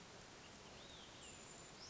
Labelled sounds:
Olive-sided Flycatcher (Contopus cooperi)
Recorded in Sonoma County, California

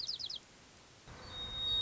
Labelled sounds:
White-crowned Sparrow (Zonotrichia leucophrys)
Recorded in Sonoma County, California

